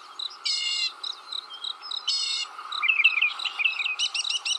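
Mockingbird song with buzzy bursts, short whistles and quick chirps, changing type often, steady faint noise behind.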